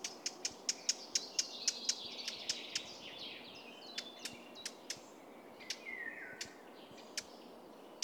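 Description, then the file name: Eurasian blackcap ticking with sharp dry tacs, rapid at first then slowing and spacing out, while other birds sing thin warbled phrases in the background. "Sylvia atricapilla"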